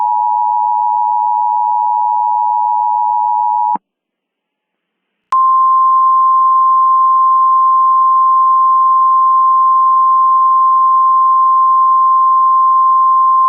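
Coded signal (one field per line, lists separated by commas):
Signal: Emergency Alert System (SAME) tones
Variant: 853 and 960 Hz attention tone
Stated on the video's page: Simulated mock EAS scenario with random content, not a real alert.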